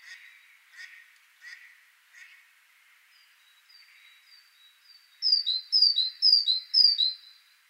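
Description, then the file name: Great tit song: a few soft scratchy notes and faint thin whistles first, then a loud series of four bright two-note phrases, high note sliding to a lower one, repeated rapidly. "Parus major"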